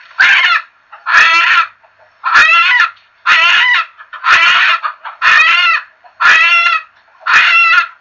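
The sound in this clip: Chicken giving a loud, harsh call repeated eight times at a steady pace of about one per second, each note short and raspy.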